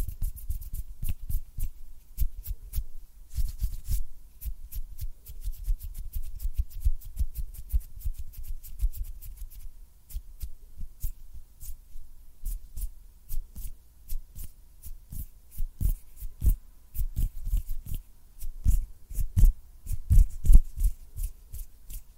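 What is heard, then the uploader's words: Close-up finger fluttering and hand sounds: a rapid, uneven stream of soft taps and brushes, each a short thump with a papery top. The pattern runs continuously for the whole stretch, thinning briefly around ten seconds, then growing louder and more spaced toward twenty seconds. ASMR CLOSE-UP FINGER FLUTTERING AND HAND SOUNDS - NO TALKING.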